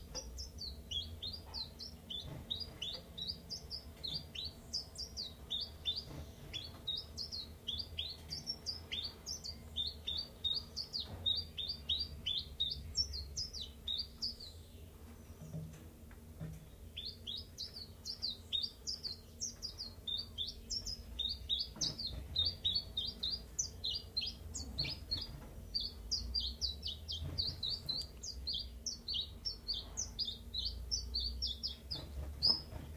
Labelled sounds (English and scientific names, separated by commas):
Common Chiffchaff (Phylloscopus collybita)